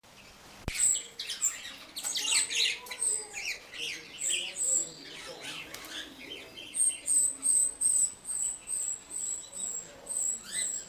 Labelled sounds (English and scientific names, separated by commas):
Grosbeak Starling (Scissirostrum dubium)